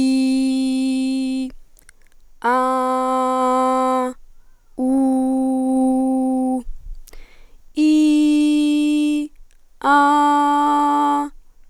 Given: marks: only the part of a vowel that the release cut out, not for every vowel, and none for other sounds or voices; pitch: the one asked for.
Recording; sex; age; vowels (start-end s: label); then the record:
sustained vowels; female; 20 to 29 years
0.00-1.23 s: vowel /i/, normal pitch
2.62-3.91 s: vowel /a/, normal pitch
5.00-6.44 s: vowel /u/, normal pitch
7.88-9.13 s: vowel /i/, high pitch
9.99-11.11 s: vowel /a/, high pitch
From the record:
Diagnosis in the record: healthy voice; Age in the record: 21 years